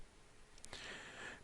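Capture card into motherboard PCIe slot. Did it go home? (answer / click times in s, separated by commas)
yes / 0.6 s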